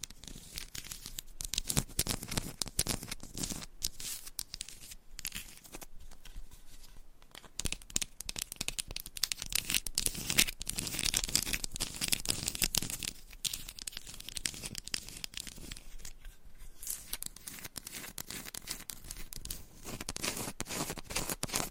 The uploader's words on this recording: ASMR Candle Scratching and Tapping Textured Candles - No Talking for Sleep with Long Nails.